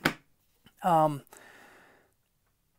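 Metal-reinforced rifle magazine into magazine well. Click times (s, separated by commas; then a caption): 0.1 s. A metal-reinforced rifle magazine is inserted into the rifle's magazine well and seats with a sharp, bright click at 0.1 s. After a short pause, someone talks briefly over quiet room sound.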